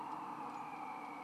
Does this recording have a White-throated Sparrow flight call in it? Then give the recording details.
no. No flight call is heard. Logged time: 23:54 on 18 December 2014